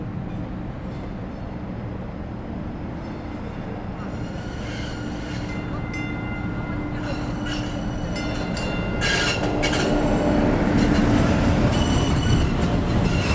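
A light-rail train arrives, its low rumble steady at first and slowly growing louder. Faint whining tones and bright metallic squeals from the wheels appear around the middle and flare more sharply after nine seconds as it pulls in.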